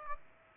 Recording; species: mosquito wingbeat signal from an infrared sensor; Aedes aegypti